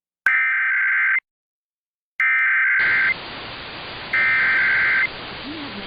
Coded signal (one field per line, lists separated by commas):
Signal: Emergency Alert System (SAME) tones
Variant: header bursts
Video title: EAS- San Diego County Required Monthly Test on KOGO-AM and KHTS-FM